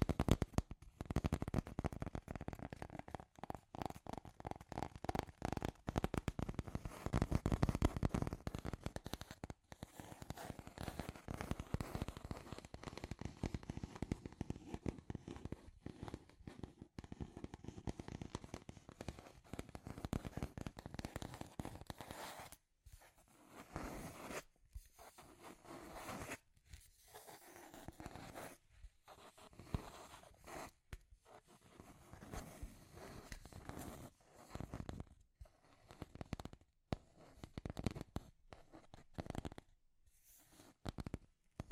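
Scratchy tapping fills the recording with dense, rapid clicks and rasping scrapes, heaviest and most continuous through the first twenty seconds. After that the taps thin out into irregular bursts separated by short silences, growing sparser and quieter toward the end.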